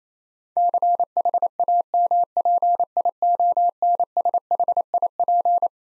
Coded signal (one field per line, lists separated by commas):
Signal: Morse code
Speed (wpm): 27 wpm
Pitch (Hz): 700 Hz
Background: none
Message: CHAMPIONSHIP